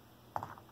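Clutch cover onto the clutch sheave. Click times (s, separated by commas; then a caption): 0.4 s. The clutch cover from a HiSUN 250 performance clutch kit is pushed down onto the movable clutch sheave, with its flat sides lined up with the sheave's flats. A sharp hit at 0.4 s marks the cover locking onto the sheave, followed by two fainter knocks at about 0.4 and 0.6 s. The cover is seated.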